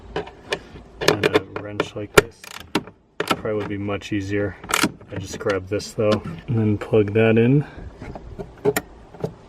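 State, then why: Seated. Someone talks while pushing the wiring harness connector into the back of a replacement plastic taillight assembly on a 2003-and-newer Saab 9-3. A sharp click is heard at 8.8 s as the plug latches, and the connector is seated.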